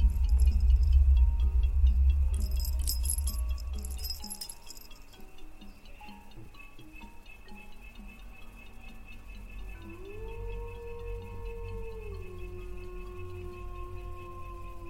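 A deep rumble and bright metallic jangling fill the first four seconds, then fade to a quiet bed of faint ticking. Near ten seconds the female ghost's voice rises into a long, eerie sung note that slides down slightly and holds to the end.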